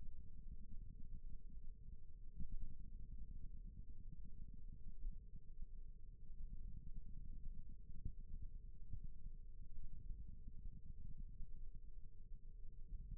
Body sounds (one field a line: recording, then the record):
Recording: forearm muscle sounds (acoustic myography)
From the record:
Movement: rest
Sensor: system 1, eight BSWA MPA416 microphones around the upper forearm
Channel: 3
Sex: male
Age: 28 years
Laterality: right